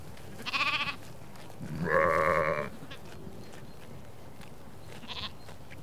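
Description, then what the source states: Sheep bleats: a short quavering bleat, then a louder, longer harmonic bleat, and a faint brief call near the end, over low outdoor noise. On pasture.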